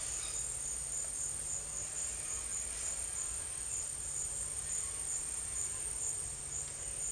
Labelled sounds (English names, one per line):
none